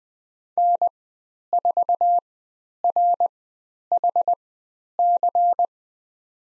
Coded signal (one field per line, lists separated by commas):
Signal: Morse code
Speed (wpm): 20 wpm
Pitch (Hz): 700 Hz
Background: none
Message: N4RHC